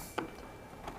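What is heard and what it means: A DDR4 RAM stick is being slid down into the gray DIMM slot on a motherboard and pressed gently. Short handling taps are heard around 0.2 s and again near 1.0 s. The clip ends before the module goes home, and nothing has seated or clicked yet.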